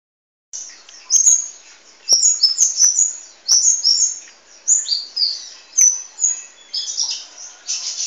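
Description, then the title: Oriental magpie-robin song: a run of clear, sweet whistled notes, some sliding down, followed by faster scratchy chatter near the end. "Kicau Kacer"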